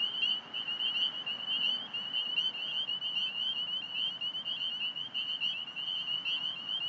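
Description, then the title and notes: Spring peepers in a dense chorus of high, clear peeping notes, many overlapping callers piping steadily throughout, with a low rumble of traffic underneath. Belle View, Alexandria, Virginia, 27 March 2017, 8:06 pm; calling despite recently mowed cattail and grass habitat; traffic from Fort Hunt Rd in background; recorded on iPhone 6+ with Rode Recording app. "Spring Peeper at Belle View ES 032717. Spring Peepers calling despite their habitat having been recently mowed down (cattails, grasses). Traffic noises in background from Fort Hunt Rd. Alexandria, VA. Recorded 032717 at 8:06pm with iPhone 6+ using Rode Recording app"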